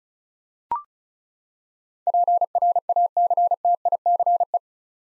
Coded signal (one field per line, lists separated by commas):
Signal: Morse code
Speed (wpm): 34 wpm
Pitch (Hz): 700 Hz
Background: none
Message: PRACTICE